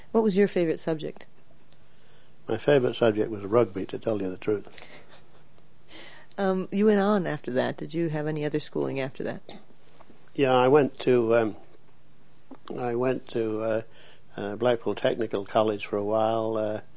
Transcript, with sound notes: What was your favorite subject?
My favorite subject was rugby, to tell you the truth.
(laughs) Um, you went on after that. Did you have any other schooling after that?
Yeah, I went to um -- I went to uh, Blackpool Technical College for a while